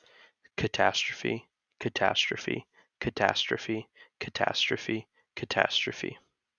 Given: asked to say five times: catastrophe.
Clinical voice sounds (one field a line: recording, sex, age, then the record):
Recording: repeated word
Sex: male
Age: 20 to 29 years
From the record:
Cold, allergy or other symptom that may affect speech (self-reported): no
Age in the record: 20 years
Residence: Pennsylvania, United States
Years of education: 15